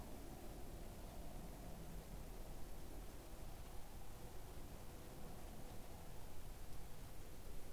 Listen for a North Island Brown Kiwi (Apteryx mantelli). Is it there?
no